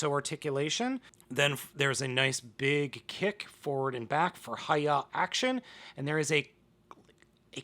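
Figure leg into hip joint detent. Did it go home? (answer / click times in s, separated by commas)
yes / 6.9 s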